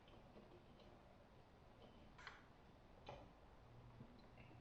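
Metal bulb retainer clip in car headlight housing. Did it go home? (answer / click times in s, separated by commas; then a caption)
no / none. The metal bulb-retaining rail inside the headlight housing of a Mini F56, during an LED headlight retrofit, is handled as it is folded back up toward its locked position. Soft ticks and light metallic taps, the clearest near 2.3 s and 3.1 s, sit over a steady low hum. Nothing has seated or clicked yet.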